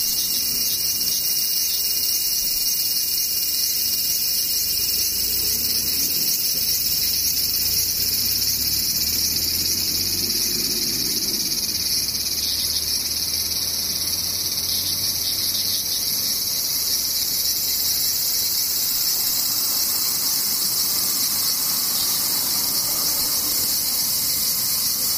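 Cicadas shrill without pause, a dense, bright, high buzzing that holds steady and loud for the whole 25 seconds. Underneath, a faint low rumble, likely a passing vehicle, swells from around six seconds and fades out by about seventeen.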